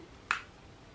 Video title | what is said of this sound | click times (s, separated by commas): EVERYTHING YOU WANTED TO KNOW ABOUT MY HAIR/MHOT EXTENSIONS | the clips just snap open you can hear them | 0.3 s